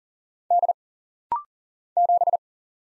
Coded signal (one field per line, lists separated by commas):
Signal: Morse code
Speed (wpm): 40 wpm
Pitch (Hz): 700 Hz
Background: none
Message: D 7